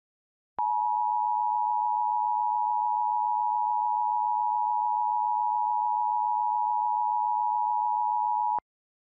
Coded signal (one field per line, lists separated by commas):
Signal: Emergency Alert System (SAME) tones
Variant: 853 and 960 Hz attention tone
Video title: Tornado warning EAS 1 - arapwhore County, cryaondo